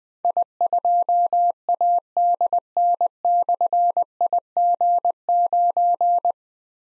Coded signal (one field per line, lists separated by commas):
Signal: Morse code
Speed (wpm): 20 wpm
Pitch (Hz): 700 Hz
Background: none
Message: I2ADN/IG9